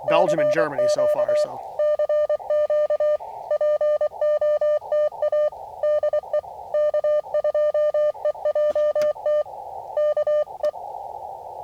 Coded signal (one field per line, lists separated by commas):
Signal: Morse code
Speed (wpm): 24 wpm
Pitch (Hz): 600 Hz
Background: speech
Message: CQ CQ POTA DE K2EJT KE